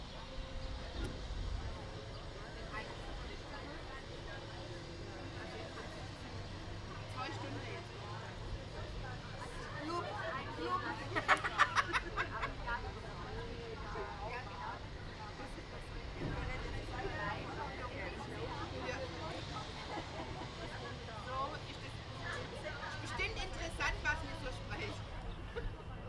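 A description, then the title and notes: Street sounds of Ulm: voices talk on and off throughout over a steady low rumble of traffic. Sharp clatters and knocks cut in around the middle, near eleven to twelve seconds, and a few bright clinks come later, with general crowd murmur underneath. Sounds of Ulm (Soundscapes meets Kulturradio).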